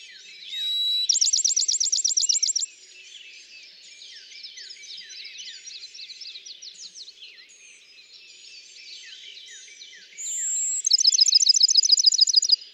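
Bachman's sparrow: a held whistle leading into a fast ringing trill, then after a pause a higher whistle and another trill, amid steady chirping from other birds.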